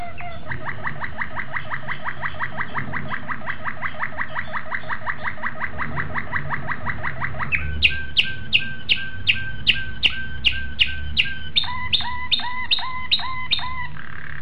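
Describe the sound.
Domestic canary singing a fast, even trill of repeated notes, which changes to slower, louder chirps given about two per second.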